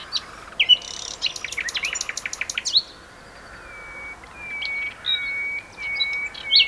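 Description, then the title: Common nightingale song beginning with a rapid chirping series, followed by slow, quiet, drawn-out whistled notes. Two nightingales singing in a duet on Westleton Heath. "sanderson. nightingale duet on westleton heath"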